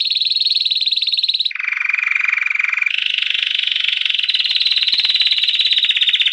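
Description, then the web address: Canary song of long, fast rattling trills, each held steady then switching abruptly to a lower roll and back up to a higher buzzy trill. "Canary Canary Singing"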